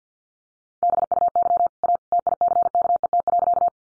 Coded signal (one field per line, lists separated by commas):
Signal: Morse code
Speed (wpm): 50 wpm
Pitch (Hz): 700 Hz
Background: none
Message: BUY A TICKET.